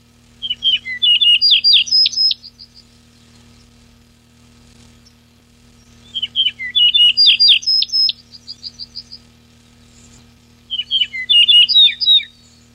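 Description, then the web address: Yellow-breasted bunting singing three bright phrases of clipped high notes, spaced roughly five seconds apart over a steady faint hum. Recorded 14 July 2006. "birdsong 7 14 06 Eaureola"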